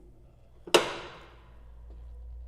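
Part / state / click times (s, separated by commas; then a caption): tractor mower deck spring-loaded release bar and locking bracket / released / 0.7 s. A spring-loaded steel release bar on a John Deere AutoConnect mower deck (as used on 1025R, 1023E and 1026R tractors) is pushed during deck removal to unlock the deck's hook-up bracket, and the spring-loaded bar also releases the other side. A faint tick at 0.7 s leads into a sharp metallic clunk at 0.7 s that rings briefly and fades, and the latch bar is released.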